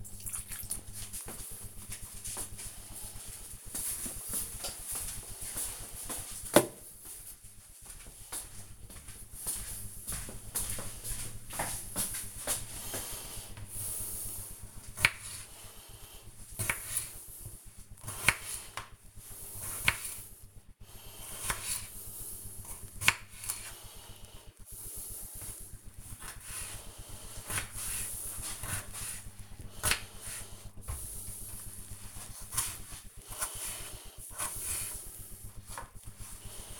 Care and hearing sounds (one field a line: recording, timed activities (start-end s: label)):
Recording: household activities, microphone on the right wrist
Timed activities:
0.00-1.12 s: watering plant
12.20-36.80 s: cutting vegetables